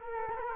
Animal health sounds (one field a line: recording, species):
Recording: mosquito wingbeat signal from an infrared sensor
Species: Culex quinquefasciatus